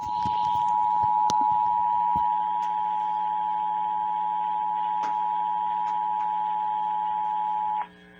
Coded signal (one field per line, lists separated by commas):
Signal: Emergency Alert System (SAME) tones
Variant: 853 and 960 Hz attention tone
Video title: Thats one way to wrap up the end of June- EAS Alerts from June 27th and June 28th, EAS#417-443